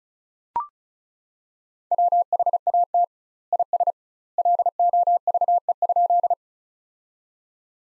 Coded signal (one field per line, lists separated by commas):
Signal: Morse code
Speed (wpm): 36 wpm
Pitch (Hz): 700 Hz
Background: none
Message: WHAT IS LOVE?